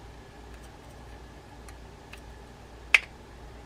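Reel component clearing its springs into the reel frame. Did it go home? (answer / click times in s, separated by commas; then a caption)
yes / 2.9 s. While reassembling a vintage 1984 Daiwa Procaster mini PM100 baitcasting fishing reel, a component is worked past its springs into the reel frame after some trouble clearing them. Over a quiet background with a couple of faint ticks around 1.7 s and 2.1 s, a loud, sharp click at 3.0 s marks the part snapping home. It is seated with a firm click.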